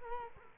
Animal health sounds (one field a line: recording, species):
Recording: mosquito wingbeat signal from an infrared sensor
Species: Culex quinquefasciatus